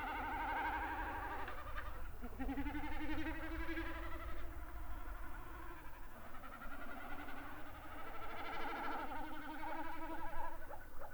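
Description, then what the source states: Common snipe drumming, a pulsed, wavering hum, set against continuous bubbling and twittering from other snipes. Drumming common snipe recorded together with distant lekking great snipes.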